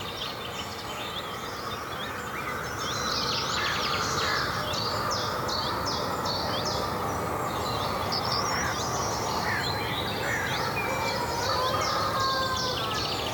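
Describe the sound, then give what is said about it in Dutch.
A dense dawn chorus of many birds just after sunrise at the edge of the Hoge Heide woods and farm polders near Kaathoven, Noord-Brabant, Netherlands, with overlapping chirps, trills and whistles at steady, moderate loudness over a soft, constant rumbling hiss, plus a barking roe deer, farm sounds and some traffic. No one speaks. “We horen talloze vogels, blaffend ree, geluiden van de boerderij en wat verkeer.”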